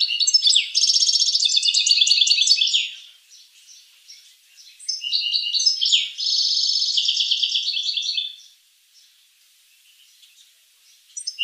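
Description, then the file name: Finch song: two bursts of rapid, high trilled phrases with short buzzy notes, separated by a few seconds of quiet scattered chips. "sing finch mouth lor"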